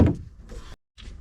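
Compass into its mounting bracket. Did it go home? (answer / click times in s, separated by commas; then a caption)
no / none. A new compass is pressed into its mounting bracket on a boat, with a tab meant to snap into a hole. A low thump opens the clip, followed by soft scraping handling noise, a short silence, and then a faint brief tap near 1.0 s. Nothing has clicked or seated yet: the tab stays a little loose and does not snap in, so it is to be packed with wood underneath so it will snap in better.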